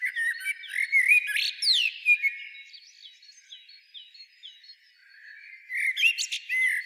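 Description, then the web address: Common blackbird song with rich rising and falling warbled notes, then soft repeated chips during a quieter stretch, before a fresh phrase begins near the end. "SETE data Turdus merula"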